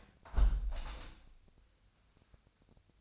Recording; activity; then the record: daily activity, microphone in the room; close window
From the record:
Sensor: 2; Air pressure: 1014.8 hPa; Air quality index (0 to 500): 79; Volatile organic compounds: 2 ppm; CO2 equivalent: 1043 ppm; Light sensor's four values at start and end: 8/19/8/8 and 8/19/8/8